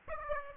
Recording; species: mosquito wingbeat signal from an infrared sensor; Aedes aegypti